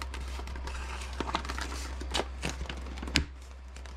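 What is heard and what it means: A part near the servo of an FMS Cessna foam RC airplane is pushed into the airframe, with crinkling and rustling handling sounds and a few soft knocks. A sharp click at 3.2 s marks the part seating firmly into place.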